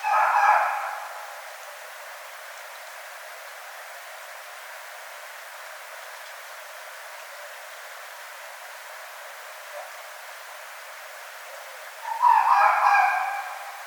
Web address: sounds mammals Red Fox 2012 01 20 Red Fox 01